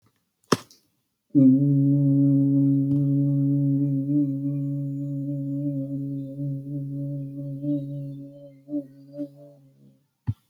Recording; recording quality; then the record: sustained vowel as in boot; excellent, no background noise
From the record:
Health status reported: healthy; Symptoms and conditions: cold, hypertension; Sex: male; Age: 50 years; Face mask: not worn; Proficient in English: yes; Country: India